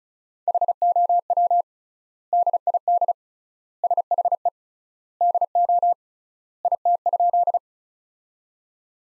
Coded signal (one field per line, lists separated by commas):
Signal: Morse code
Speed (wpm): 36 wpm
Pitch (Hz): 700 Hz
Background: none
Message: HOW DID SHE DO IT?